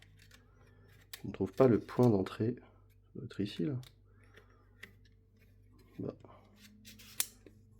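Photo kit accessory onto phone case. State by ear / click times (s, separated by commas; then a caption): partly seated / 7.2 s. A photo kit accessory, a ring or mount, is fitted onto a Vivo X300 Pro phone case while someone talks, with soft handling taps and clicks throughout. A sharp snap comes at 7.2 s, but the accessory is not fully engaged.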